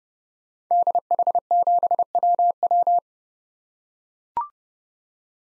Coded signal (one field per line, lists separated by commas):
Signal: Morse code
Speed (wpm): 32 wpm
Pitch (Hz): 700 Hz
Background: none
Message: DH7WW